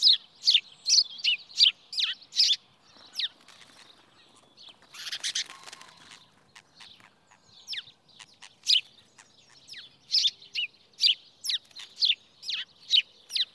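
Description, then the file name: House sparrow chirps in quick runs, with a quieter stretch and a brief noisy burst in the middle before the chirping resumes. "Passer domesticus"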